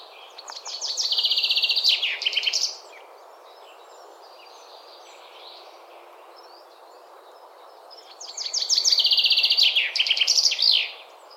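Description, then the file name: Common Chaffinch song: two loud phrases several seconds apart, each a rapid run of notes ending in a flourish, with quiet chirps in between. "Fringilla coelebs"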